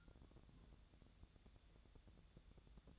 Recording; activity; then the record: daily activity, microphone in the room; take from stove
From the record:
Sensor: 3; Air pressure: 1000.0 hPa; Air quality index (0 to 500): 127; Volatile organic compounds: 2 ppm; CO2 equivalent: 1142 ppm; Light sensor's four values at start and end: 42/107/46/51 and 42/107/46/51